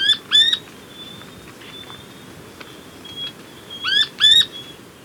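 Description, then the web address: Rufous spinetail: two bright upward-sweeping notes, a pause with a thin steady whine and soft ticks, then another pair of rising notes. Ecuador. "Birds of Ecuador 2. Rufous Spinetail"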